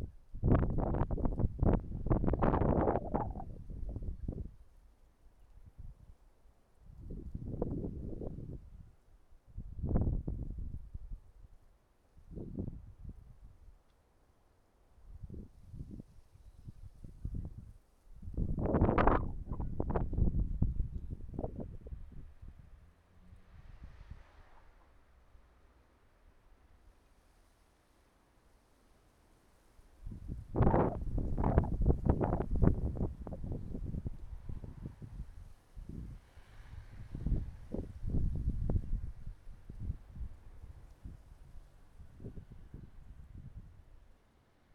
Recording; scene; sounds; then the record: everyday scene through a hearing-aid microphone; wind on the microphone; wind, traffic, birds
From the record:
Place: suburban garden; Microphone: behind the ear, right, rear